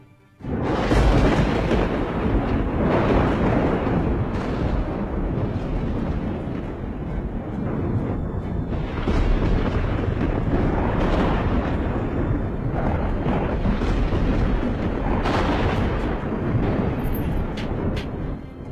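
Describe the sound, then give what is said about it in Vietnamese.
Deep, continuous rumbling thunder rolls for the whole stretch, loud and heavy with low booming swells and crackling bursts rising out of the roar at intervals; no voices. “Trên bầu trời bỗng nhiên lập lòe phát ra tiếng sấm.”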